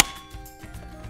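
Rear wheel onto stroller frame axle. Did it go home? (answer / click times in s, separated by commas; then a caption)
no / none. A rear wheel is placed onto the frame axle of a Baby Trend Tango Travel System stroller and handled as it is pushed on, giving faint knocks under steady background music. The wheel has not seated or clicked onto the axle yet.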